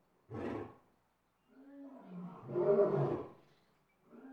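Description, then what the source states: Lion uttering one short grunt, then after a pause a longer, swelling moan that peaks and fades, with another moan beginning at the end. Roar.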